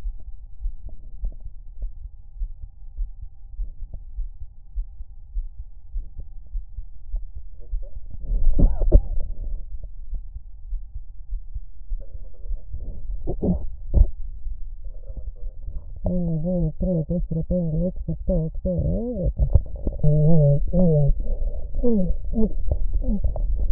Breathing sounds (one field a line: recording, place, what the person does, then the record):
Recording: lung sounds by stethoscope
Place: right anterior apical chest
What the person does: quiet breathing, then cough and speech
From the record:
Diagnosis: interstitial lung disease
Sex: female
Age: 70 years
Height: 160 cm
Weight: 93 kg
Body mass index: 36.3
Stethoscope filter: extended mode